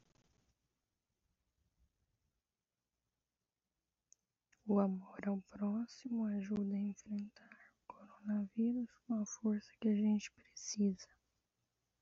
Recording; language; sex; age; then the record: spoken sentence; Brazilian Portuguese; female; 30 to 39 years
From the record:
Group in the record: control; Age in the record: 31 years